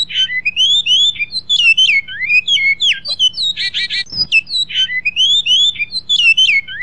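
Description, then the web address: Great-billed seed finch song: rapid clear whistles sliding up and down, interrupted by a short buzzy trill, then resuming the warbled phrase; steady low hum and one thud. Master song for training birds. "bicudario cantos maestro"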